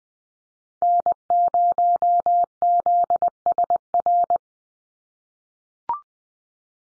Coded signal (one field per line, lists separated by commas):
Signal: Morse code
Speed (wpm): 20 wpm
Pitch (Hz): 700 Hz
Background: none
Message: N0ZSR